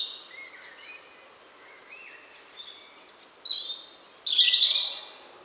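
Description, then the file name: European robin song: faint thin high notes at first, then a louder bright burst of jumbled twittering and trilled notes near the end. "Erithacus rubecula"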